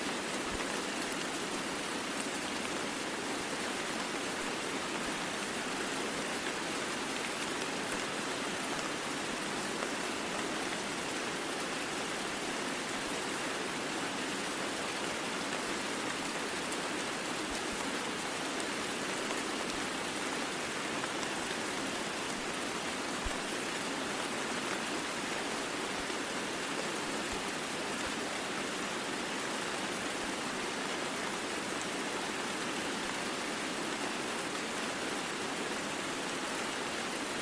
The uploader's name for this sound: Rain Sounds In The Woods White Noise